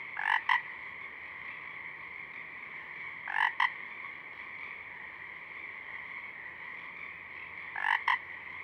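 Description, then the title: Pacific chorus frog giving three spaced two-note ribbits over a continuous background chorus. A few Pacific chorus frogs singing at dusk; recorded through a parabolic reflector, simultaneously with a double mid-side rig 50 feet away. "Pacific Chorus Frogs (Pseudacris regilla), dusk, Parabolic"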